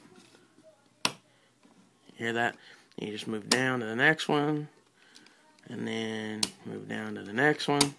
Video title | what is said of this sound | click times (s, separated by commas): Review: Kamen Rider OOO Candroid 06 Kujaku | whole thing flips up and they lock into place you'll hear it hear | 1.0 s